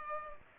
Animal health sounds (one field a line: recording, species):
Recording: mosquito wingbeat signal from an infrared sensor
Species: Culex pipiens